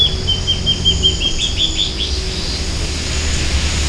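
Bird chirps in a fast string during the first two seconds, with a steady low rumble underneath.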